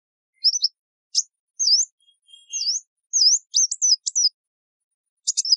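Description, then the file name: Sunbird calls: a string of short, high, curling whistles and sharp chips in an uneven rhythm, ending with a burst of rapid chips. "Tieng chim hut mat"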